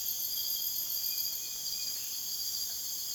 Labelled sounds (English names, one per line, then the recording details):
none
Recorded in dense forest near Puerto Asís, Putumayo, Colombia, on 23 June 2025 at 01:30
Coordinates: 0.484, -76.325
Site H65